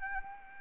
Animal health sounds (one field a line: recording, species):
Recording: mosquito wingbeat signal from an infrared sensor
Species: Anopheles arabiensis